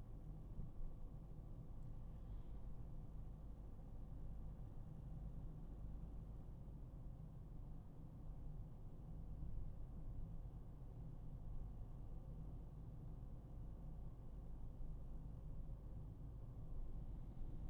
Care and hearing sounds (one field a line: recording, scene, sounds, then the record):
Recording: everyday scene through a hearing-aid microphone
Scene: in a vehicle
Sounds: engine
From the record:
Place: Berlingo II, diesel engine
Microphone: behind the ear, right, front